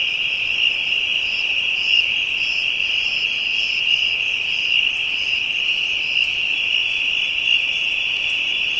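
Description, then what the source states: Chorus of insects, a continuous high whining tone joined by evenly spaced pulsing buzzes, steady across the whole stretch. Insects in Africa, ambient soundscape.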